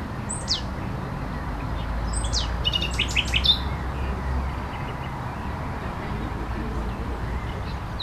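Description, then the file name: Common nightingale song: a few loud descending whistles, then a fast burst of clicking notes and short trills over steady low rumbling background noise. At La Vavrette on 14 May 2016, with a MiniDisc recorder. "Rossignol la Vavrette 14 05 16"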